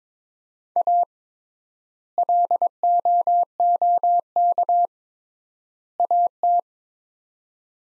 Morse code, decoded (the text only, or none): A LOOK AT